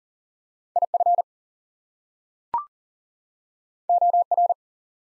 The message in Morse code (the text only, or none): IF OR